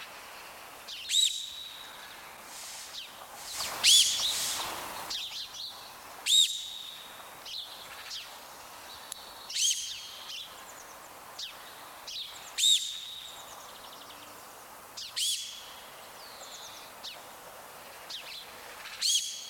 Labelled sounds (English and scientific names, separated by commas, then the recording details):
Mountain Reedbuck (Redunca fulvorufula)
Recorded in captivity
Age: adult
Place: Tierpark Berlin, Berlin, DE
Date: 1997-02-02
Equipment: Sony WM-D6C, Kopie Uher 4000 Report Monitor
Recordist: Riede, Tobias